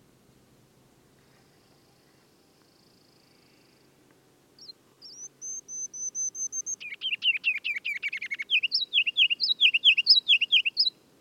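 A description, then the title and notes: A Ruby-crowned Kinglet starts after about four seconds with thin high notes, then breaks into a rapid, loud, bright chattering song over faint low rumble. A tiny little bird with an outsized voice, the Ruby-crowned Kinglet, Regulus calendula, is a bird of the Northern forests. Perched out on a fir limb around 20 feet up, it would sing and promptly flit out around 4-5 feet. I chose to leave this one un-mastered, "raw" save for removing mic bumps and me coughing, just to show how quiet the location is.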